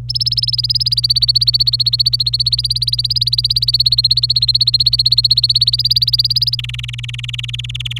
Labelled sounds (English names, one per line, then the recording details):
Domestic Canary song
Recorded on 26 April 2018 at 10:52
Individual llb3